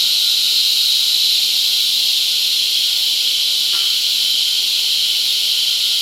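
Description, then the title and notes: Cicadas in a dense, unbroken high-pitched hissing drone that holds steady throughout, with a faint thin tone running beneath it and one brief soft click midway. Cicadas mating; La Convención, Peru. "Apareamiento De Cigarras La Convención Peru by Alejandro Cornejo Montibeller"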